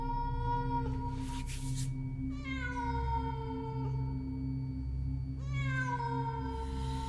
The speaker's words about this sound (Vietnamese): Lúc này mơ hồ có tiếng con mèo, nó kêu lên thê thiết, vọng đi khắp cả thôn nhỏ.